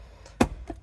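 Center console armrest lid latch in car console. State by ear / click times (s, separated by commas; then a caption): not seated / none. The plastic center console armrest lid in a Subaru WRX is pushed shut onto the console, making a faint tap at 0.3 s, a sharp loud knock at 0.4 s, and a smaller knock at 0.7 s. The latch does not catch, so nothing has clicked or locked and the lid stays loose.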